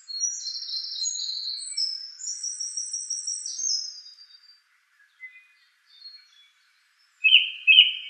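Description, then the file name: Song thrush song: varied high whistled and twittering phrases, then a short phrase sung twice at the end after a pause. "suara kicauan burung song thrush. omkicau"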